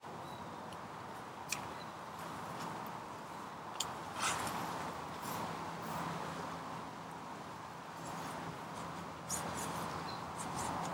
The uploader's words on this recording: A day out fishing with my new Tenkara Rod on a English Chalk Stream.